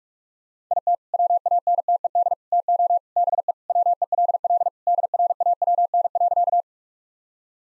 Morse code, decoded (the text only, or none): IT WANTED TO BE WELL DRAWN.